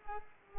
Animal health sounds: mosquito wingbeat signal from an infrared sensor; Culex pipiens

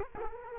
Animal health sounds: mosquito wingbeat signal from an infrared sensor; Culex quinquefasciatus

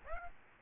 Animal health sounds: mosquito wingbeat signal from an infrared sensor; Aedes albopictus

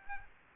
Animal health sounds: mosquito wingbeat signal from an infrared sensor; Aedes aegypti

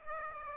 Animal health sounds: mosquito wingbeat signal from an infrared sensor; Aedes aegypti

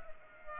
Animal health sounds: mosquito wingbeat signal from an infrared sensor; Culex pipiens

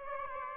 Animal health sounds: mosquito wingbeat signal from an infrared sensor; Aedes aegypti

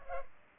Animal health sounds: mosquito wingbeat signal from an infrared sensor; Culex pipiens

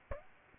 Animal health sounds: mosquito wingbeat signal from an infrared sensor; Aedes albopictus

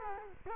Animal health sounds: mosquito wingbeat signal from an infrared sensor; Culex quinquefasciatus

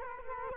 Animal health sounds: mosquito wingbeat signal from an infrared sensor; Culex quinquefasciatus

